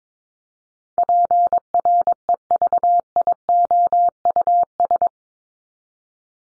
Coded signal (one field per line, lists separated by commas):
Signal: Morse code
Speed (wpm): 22 wpm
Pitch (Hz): 700 Hz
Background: none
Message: PREVIOUS